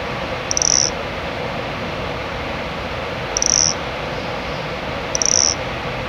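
Nesobia mjobergi cricket: three thin, high, steady-pitched chirps at uneven intervals, with a continuous hiss underneath.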